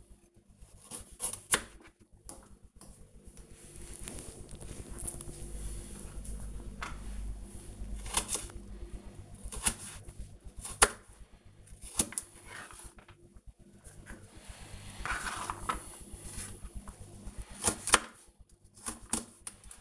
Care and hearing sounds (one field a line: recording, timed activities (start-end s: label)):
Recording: household activities, microphone on the right wrist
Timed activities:
0.00-19.81 s: cutting vegetables